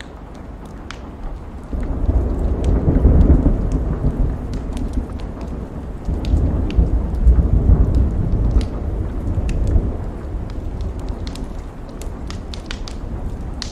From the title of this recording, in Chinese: 雨夜火炉